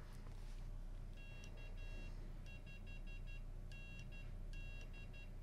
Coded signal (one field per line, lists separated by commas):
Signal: Morse code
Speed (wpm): 12 wpm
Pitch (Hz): 2750 Hz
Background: none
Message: K5ND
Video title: CW Practice | winKeyer!